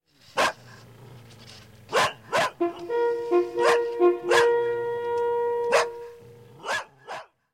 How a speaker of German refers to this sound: Aus den Bergen hört man Hörner und Hundegebell.